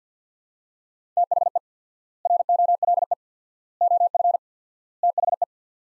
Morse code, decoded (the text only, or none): THE ROLE OF THE